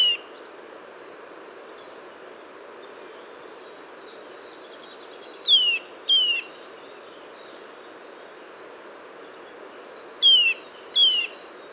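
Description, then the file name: Eurasian nuthatch calls, sharp downslurred whistles: one at the start, then a pair near six seconds and another pair near ten, over steady background noise. "Sitta europaea"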